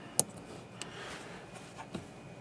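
A small electrical wiring connector that had been tucked out of the way is plugged back into its mating socket behind the glove box. A sharp click sounds at 0.2 s, followed by fainter ticks near 0.8 s and 2.0 s. The connector is seated.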